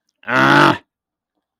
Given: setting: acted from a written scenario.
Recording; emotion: vocal sound without words; anger